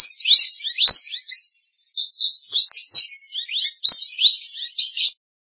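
Scarlet minivet calls: a rapid run of high, thin whistled notes in three bursts with short pauses between, plus a few clicks.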